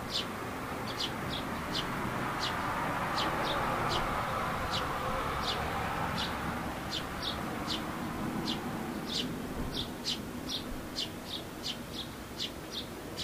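A bird calls again and again in short, bright, high chirps, spaced roughly every half second to a second across the whole stretch. Beneath it runs a steady low rumble, like distant traffic, swelling slightly in the first half.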